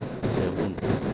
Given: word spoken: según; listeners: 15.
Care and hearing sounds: one Spanish word in noise, from a listening test; noise modulated by three-talker babble; -6.3 dB; 2 of 15; 9 of 15; 0.73 s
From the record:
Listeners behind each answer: 9, 2, 2, 1, 1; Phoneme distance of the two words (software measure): 14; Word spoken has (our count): 2 syllables, 5 phonemes, stress on syllable 2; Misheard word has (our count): 3 syllables, 7 phonemes, stress on syllable 2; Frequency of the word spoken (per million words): 683.04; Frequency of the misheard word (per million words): 250.13

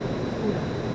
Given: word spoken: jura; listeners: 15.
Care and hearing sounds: one Spanish word in noise, from a listening test; speech-shaped noise; -4.4 dB; 0 of 15; 7 of 15; 0.55 s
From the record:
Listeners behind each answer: 7, 3, 1, 1, 1, 1, 1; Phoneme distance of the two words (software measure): 10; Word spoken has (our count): 2 syllables, 4 phonemes, stress on syllable 1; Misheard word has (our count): 2 syllables, 4 phonemes, stress on syllable 1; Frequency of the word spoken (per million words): 2.63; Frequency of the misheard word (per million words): 30.98

